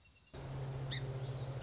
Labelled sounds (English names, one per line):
Song Sparrow